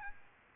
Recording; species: mosquito wingbeat signal from an infrared sensor; Aedes albopictus